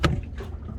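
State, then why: Seated. A strap holding an Oar Board SUP Rower frame to a paddleboard deck is pulled tight by hand and its plastic buckle is closed. A single sharp, loud snap is heard at 0.05 s, followed by quieter low rumbling. The buckle snaps in place, securing the rowing rig.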